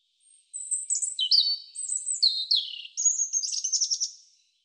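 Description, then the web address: European robin song: high, clear notes sliding downward in separate pieces, then a quick rattling trill of very high notes, all against silence. "cianscape birddata Deverinetal 2025 Bird Er Ru"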